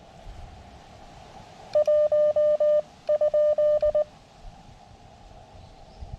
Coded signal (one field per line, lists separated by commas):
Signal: Morse code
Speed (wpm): 20 wpm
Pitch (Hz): 600 Hz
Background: none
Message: 1 ?